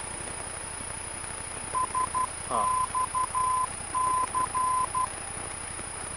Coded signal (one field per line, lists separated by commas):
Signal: Morse code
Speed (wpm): 12 wpm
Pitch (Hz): 1020 Hz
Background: none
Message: SXC